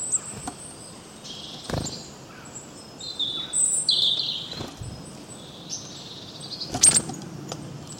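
Birds chirping, scattered high thin notes and short whistled phrases, with a few sharp clicks over a quiet background hiss.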